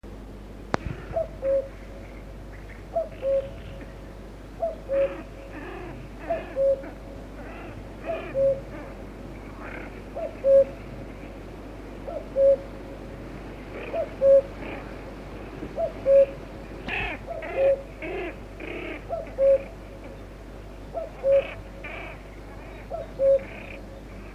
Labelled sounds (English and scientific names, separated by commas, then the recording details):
Common Cuckoo (Cuculus canorus)
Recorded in the wild
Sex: male
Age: adult
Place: Petershain, Niederlausitz, Sachsen, DE
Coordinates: 51.3167, 14.7514
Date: 1962-06-08
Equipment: Grundig TK 1 Luxus
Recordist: Meyer, Hugo